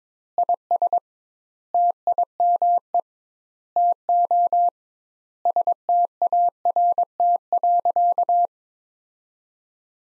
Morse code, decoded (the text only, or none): IS TIME TO START.